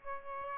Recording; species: mosquito wingbeat signal from an infrared sensor; Aedes albopictus